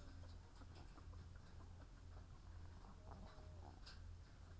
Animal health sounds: poultry house recording; sick chickens (respiratory disease)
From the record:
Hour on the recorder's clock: 14

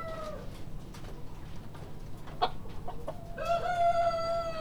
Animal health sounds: poultry house recording; healthy chickens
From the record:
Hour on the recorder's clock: 1

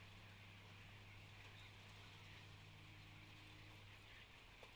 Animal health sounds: poultry house recording; healthy chickens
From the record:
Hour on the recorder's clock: 14

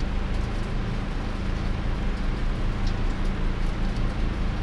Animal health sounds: poultry house recording; no chicken sound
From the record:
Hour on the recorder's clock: 3

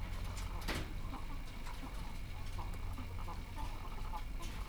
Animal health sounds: poultry house recording; sick chickens (respiratory disease)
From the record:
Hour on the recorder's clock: 14

